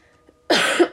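After a near-silent lead-in, an adult woman who has been sick with a cold or flu lets out one abrupt, loud cough lasting about half a second. It sounds harsh and airy, with a brief voiced catch near the end before it fades. It is a single isolated cough in a quiet room.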